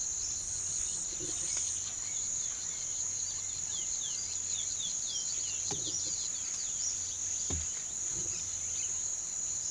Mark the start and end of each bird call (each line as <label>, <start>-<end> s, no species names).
bird call, 1.01-7.08 s